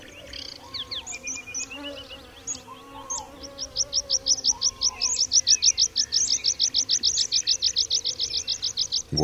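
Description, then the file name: Meadow pipit song: a few scattered thin high notes, then a long run of sharp, rapidly repeated high chips; faint lower whistles from another bird. "Świergotek łąkowy"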